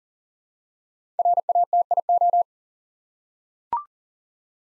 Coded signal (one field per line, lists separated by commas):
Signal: Morse code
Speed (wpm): 42 wpm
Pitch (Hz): 700 Hz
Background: none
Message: RATIO